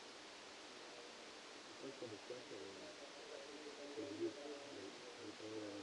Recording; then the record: brain microelectrode recording played as sound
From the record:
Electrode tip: outside the subthalamic nucleus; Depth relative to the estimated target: 7 mm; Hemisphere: left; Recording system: NeuroSet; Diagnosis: Parkinson's disease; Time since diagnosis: 8 years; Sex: male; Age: 65 years